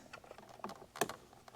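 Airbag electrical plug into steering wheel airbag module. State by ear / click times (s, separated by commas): seated / 1.0 s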